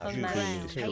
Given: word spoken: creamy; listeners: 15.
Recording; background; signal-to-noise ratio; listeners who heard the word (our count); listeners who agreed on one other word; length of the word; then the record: one English word in noise, from a listening test; four-talker babble; -0.9 dB; 0 of 15; 8 of 15; 0.52 s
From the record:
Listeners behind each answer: 8, 2, 1, 1, 1, 1, 1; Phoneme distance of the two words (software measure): 44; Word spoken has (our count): 2 syllables, 5 phonemes, stress on syllable 1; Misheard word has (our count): 1 syllable, 3 phonemes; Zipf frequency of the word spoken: 3.82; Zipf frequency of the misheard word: 4.44